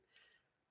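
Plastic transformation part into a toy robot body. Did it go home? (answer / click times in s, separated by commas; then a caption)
no / none. A plastic transformation part is pushed down and in to the body of a transforming robot toy, giving only a faint, brief hit at about 0.2 s followed by quiet rustle. Nothing clicks or locks into place; the part fails to seat.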